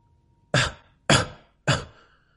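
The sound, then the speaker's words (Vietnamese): Three dry, hacking coughs from an old Taoist priest come from inside a room one after another, evenly spaced about half a second apart. Each is a sharp, harsh burst that fades quickly into quiet, with no talking. “Tiếng ho khan đứt quãng từ trong phòng truyền đến đã cắt đứt dòng suy nghĩ của Từ Ngôn.”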